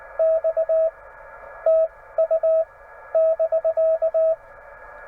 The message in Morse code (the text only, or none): X TU <BK>